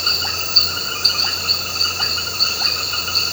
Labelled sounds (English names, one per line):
none